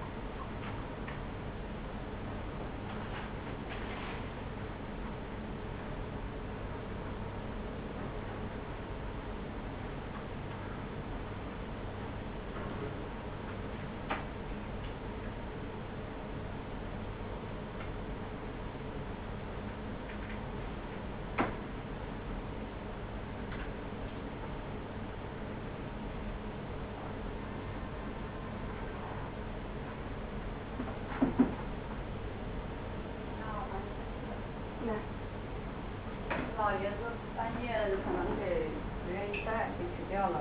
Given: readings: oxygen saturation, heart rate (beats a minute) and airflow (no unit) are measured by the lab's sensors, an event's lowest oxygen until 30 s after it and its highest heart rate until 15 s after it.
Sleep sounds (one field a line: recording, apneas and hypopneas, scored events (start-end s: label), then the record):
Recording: a person awake in a sleep study, by a voice recorder at the bedside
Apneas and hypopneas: none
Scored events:
0.00-40.41 s: awake
0.00-40.41 s: awake
From the record:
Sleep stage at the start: awake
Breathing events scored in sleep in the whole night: 210 in 6.9 hours asleep